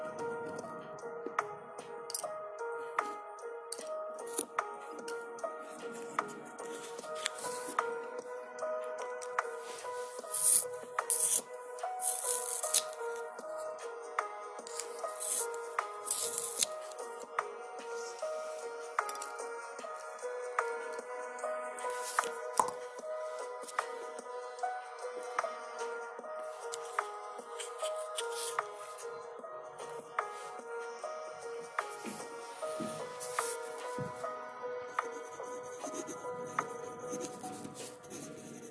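Lofi study ambience with pencil, page and typing sounds. Dense, irregular taps and clicks run steadily through the whole stretch, a few louder bursts near 11 and 16 seconds. Underneath sits a soft, unchanging bed of mid-pitched sustained tones.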